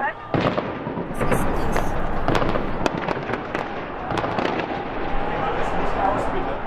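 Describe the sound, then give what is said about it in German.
Machine-gun fire outside a hotel window in Cairo, Egypt, at night during civil-war-like clashes, rattling in rapid, overlapping bursts of sharp cracks, loud and almost continuous for several seconds over a dense background roar, with faint voices mixed in. “Feuerstöße, Maschinengewehrsalven vor unserem Fenster.”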